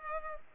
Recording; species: mosquito wingbeat signal from an infrared sensor; Culex pipiens